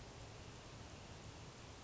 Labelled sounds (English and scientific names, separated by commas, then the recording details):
Northern Flicker (Colaptes auratus)
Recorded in Sonoma County, California